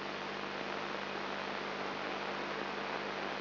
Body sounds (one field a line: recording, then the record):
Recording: brain microelectrode recording played as sound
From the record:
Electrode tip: outside the subthalamic nucleus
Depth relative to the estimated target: 2.5 mm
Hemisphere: left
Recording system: AlphaMap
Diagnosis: Parkinson's disease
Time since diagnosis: 10 years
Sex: male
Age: 56 years